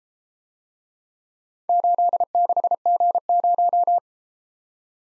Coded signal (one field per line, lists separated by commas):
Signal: Morse code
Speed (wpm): 33 wpm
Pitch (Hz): 700 Hz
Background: none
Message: 86G0